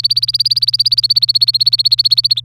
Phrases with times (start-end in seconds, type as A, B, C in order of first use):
0.00-2.40 A